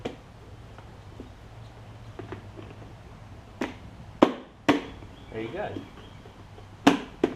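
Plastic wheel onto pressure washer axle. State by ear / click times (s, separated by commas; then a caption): seated / 6.9 s. A plastic wheel is pushed onto the axle of a mrliance MP3000 1600psi electric pressure washer during assembly while someone talks. Several sharp knocks and clicks are heard before it snaps home with a sharp click at 6.9 s, seating the wheel on the axle.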